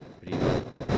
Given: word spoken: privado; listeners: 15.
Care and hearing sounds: one Spanish word in noise, from a listening test; noise modulated by one talker; -9.6 dB; 2 of 15; 7 of 15; 0.58 s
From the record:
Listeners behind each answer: 7, 3, 2, 1, 1, 1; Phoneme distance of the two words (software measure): 30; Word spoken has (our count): 3 syllables, 7 phonemes, stress on syllable 2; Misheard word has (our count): 3 syllables, 7 phonemes, stress on syllable 2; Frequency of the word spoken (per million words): 53.92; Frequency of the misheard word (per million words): 237.49

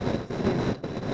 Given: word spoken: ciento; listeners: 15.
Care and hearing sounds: one Spanish word in noise, from a listening test; noise modulated by three-talker babble; -6.9 dB; 1 of 15; 6 of 15; 0.74 s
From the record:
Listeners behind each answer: 6, 2, 1, 1, 1, 1, 1, 1, 1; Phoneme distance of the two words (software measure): 10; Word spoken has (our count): 2 syllables, 6 phonemes, stress on syllable 1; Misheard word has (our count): 2 syllables, 6 phonemes, stress on syllable 1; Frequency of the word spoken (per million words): 197.60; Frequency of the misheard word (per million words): 248.94

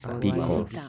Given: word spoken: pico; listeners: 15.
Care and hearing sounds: one Spanish word in noise, from a listening test; four-talker babble; 0.0 dB; 2 of 15; 9 of 15; 0.49 s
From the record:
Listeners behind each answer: 9, 2, 2, 1, 1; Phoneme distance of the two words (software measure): 7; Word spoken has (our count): 2 syllables, 4 phonemes, stress on syllable 1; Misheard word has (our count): 2 syllables, 5 phonemes, stress on syllable 1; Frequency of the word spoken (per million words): 20.01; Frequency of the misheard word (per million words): 5.95

